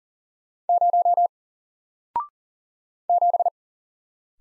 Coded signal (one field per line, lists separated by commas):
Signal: Morse code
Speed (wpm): 38 wpm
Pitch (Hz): 700 Hz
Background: none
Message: 0 7